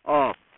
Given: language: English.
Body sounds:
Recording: throat vibration sensor signal played as sound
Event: speech

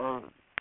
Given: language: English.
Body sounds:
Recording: throat vibration sensor signal played as sound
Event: speech

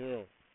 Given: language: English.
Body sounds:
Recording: throat vibration sensor signal played as sound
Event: speech

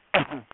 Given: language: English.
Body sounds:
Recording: throat vibration sensor signal played as sound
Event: cough

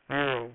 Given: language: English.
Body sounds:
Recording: throat vibration sensor signal played as sound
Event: speech

